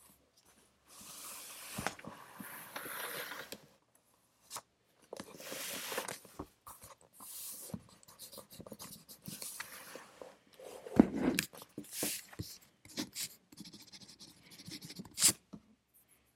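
Pencil scratches across paper in irregular bursts of strokes with short pauses, a couple of sharp taps near eleven and fifteen seconds.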